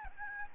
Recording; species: mosquito wingbeat signal from an infrared sensor; Aedes albopictus